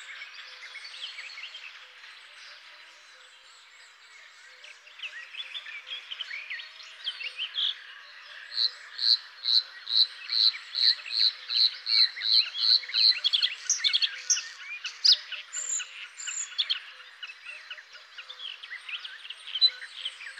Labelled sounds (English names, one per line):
Bluethroat song